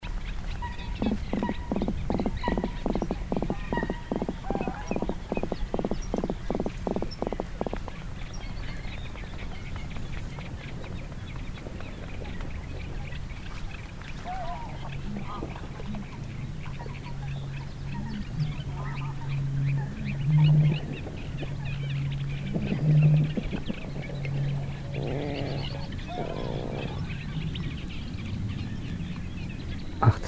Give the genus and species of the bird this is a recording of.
Rallus aquaticus